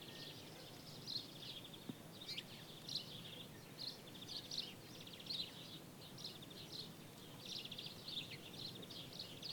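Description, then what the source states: Birds chatter without pause, high chirps and buzzy trills over a low, rumbling outdoor background. Birds in daytime ambience in Jerez, Spain.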